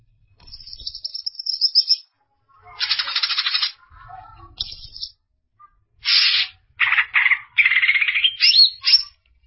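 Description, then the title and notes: Greater green leafbird song in separated bursts: raspy buzzy phrases alternating with brief whistled notes, some rising, with short silences between. Described as a champion songbird. "Kicau Burung Cucak Ijo Juara. Suara kicauan burung cucak ijo"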